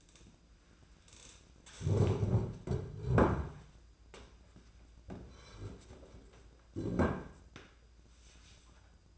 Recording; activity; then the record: daily activity, microphone in the room; stand up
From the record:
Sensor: 2